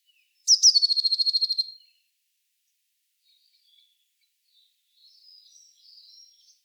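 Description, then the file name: Eurasian blue tit churring: two sharp high notes leading into a fast buzzy trill of even pulses, followed after a pause by faint high twittering. "Cyanistes caeruleus"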